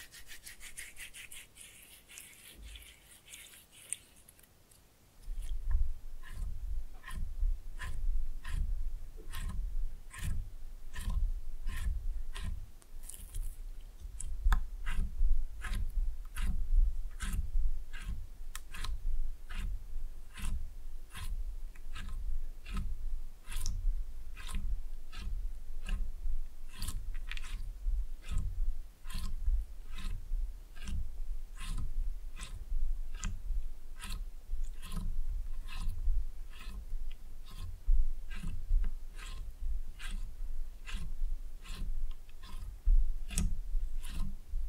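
Slime being squished and snapped, a soft hiss for five seconds, then quick wet clicks repeating steadily about twice a second over low thumps.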